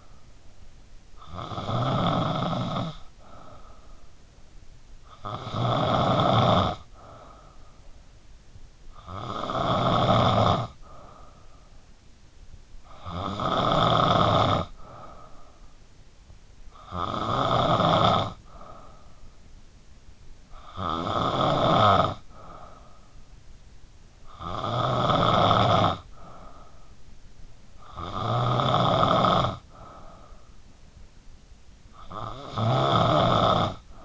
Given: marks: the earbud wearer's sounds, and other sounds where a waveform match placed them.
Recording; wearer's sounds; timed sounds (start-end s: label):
sounds in sleep by an in-ear microphone; snoring breath
0.00-0.99 s: snoring breath
0.99-16.49 s: snoring breath
16.50-34.05 s: snoring breath